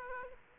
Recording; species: mosquito wingbeat signal from an infrared sensor; Aedes aegypti